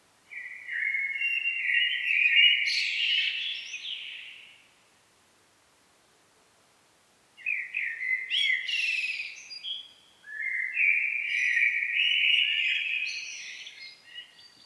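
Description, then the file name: Common blackbird song: a warbled fluty phrase with a high twittery ending, a pause of about three seconds, then two more phrases. "Turdus merula"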